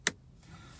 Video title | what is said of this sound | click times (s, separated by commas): In Depth MY17 Ioniq | and that will click it off for you. | 0.1 s